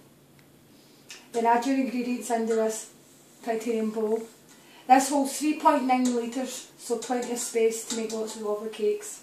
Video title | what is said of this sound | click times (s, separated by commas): BOSCH Home Professional Food Mixer | you just place the tool that you want to use push out and it'll click in place | 0.4 s, 1.1 s